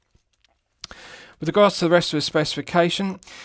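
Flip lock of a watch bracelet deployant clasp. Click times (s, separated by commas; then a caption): 0.8 s. The flip lock of a stainless steel glidelock-style deployant clasp on an Aimimo Design AD8169-2 GMT-Master II homage watch bracelet is closed, and it snaps shut with a sharp click at 0.8 s after a few faint ticks. Someone then talks.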